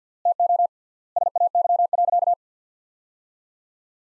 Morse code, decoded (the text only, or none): TO SAY.